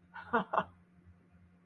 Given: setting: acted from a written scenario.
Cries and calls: vocal sound without words; positive surprise

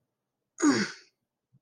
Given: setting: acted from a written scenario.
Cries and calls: vocal sound without words; pain

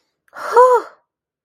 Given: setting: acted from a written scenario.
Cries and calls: vocal sound without words; relief

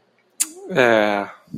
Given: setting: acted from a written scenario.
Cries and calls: vocal sound without words; neutral

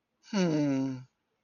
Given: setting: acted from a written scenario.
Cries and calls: vocal sound without words; contentment

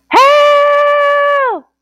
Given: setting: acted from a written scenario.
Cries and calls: vocal sound without words; distress

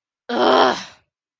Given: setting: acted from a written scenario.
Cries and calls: vocal sound without words; anger

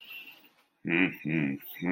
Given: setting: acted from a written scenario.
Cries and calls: vocal sound without words; desire

